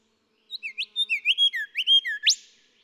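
Golden whistler song, a run of whistled notes that swell in strength, finishing with a loud upward whipcrack note.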